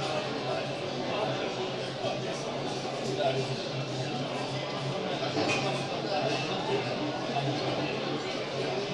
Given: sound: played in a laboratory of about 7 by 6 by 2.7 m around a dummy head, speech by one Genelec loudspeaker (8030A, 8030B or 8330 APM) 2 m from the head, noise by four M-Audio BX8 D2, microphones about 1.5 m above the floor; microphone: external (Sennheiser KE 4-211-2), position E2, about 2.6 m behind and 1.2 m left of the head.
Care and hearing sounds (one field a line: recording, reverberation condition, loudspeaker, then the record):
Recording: cafeteria noise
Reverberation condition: medium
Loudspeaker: four, about 170 cm from the corners of the room and facing them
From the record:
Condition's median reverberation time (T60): about 510 ms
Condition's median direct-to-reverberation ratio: about -0.5 dB